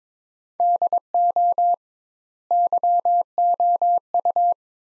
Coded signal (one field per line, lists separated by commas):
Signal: Morse code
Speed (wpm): 22 wpm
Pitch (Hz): 700 Hz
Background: none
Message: DO YOU